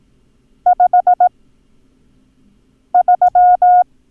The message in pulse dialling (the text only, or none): none